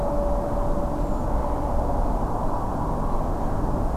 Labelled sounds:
Redwing (Turdus iliacus)
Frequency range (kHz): Redwing (Turdus iliacus) 6.5-7.9 kHz
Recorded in France

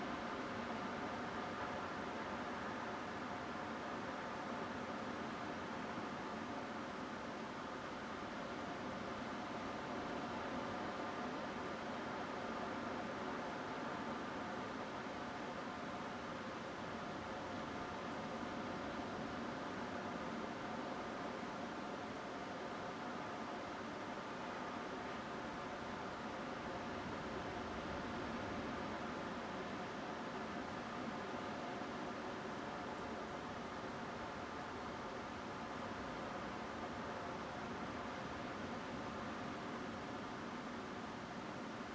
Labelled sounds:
Song Thrush (Turdus philomelos)
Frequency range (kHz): Song Thrush (Turdus philomelos) 7.2-10.3 kHz
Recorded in France

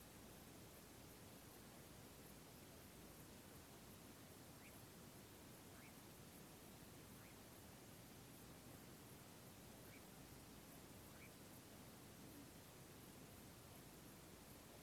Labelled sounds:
Eurasian Nightjar (Caprimulgus europaeus)
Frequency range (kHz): Eurasian Nightjar (Caprimulgus europaeus) 1.2-2.8 kHz
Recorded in France

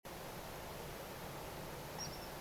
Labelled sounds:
Eurasian Coot (Fulica atra)
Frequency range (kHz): Eurasian Coot (Fulica atra) 4.5-5.9 kHz
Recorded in France

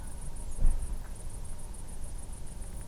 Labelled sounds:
European Robin (Erithacus rubecula), unidentified animal sound
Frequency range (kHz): European Robin (Erithacus rubecula) 6.5-7.7 kHz
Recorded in France

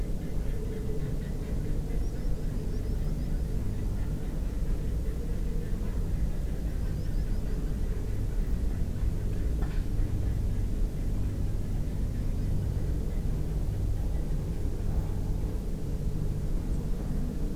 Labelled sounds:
Common Sandpiper (Actitis hypoleucos), Spotted Flycatcher (Muscicapa striata)
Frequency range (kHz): Spotted Flycatcher (Muscicapa striata) 7.1-8.9 kHz
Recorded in France

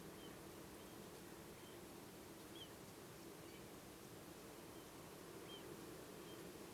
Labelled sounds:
Eurasian Oystercatcher (Haematopus ostralegus)
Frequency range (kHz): Eurasian Oystercatcher (Haematopus ostralegus) 2.1-3.5 kHz
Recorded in France

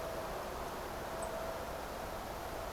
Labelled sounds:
Song Thrush (Turdus philomelos)
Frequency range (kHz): Song Thrush (Turdus philomelos) 7.6-10.2 kHz
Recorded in France

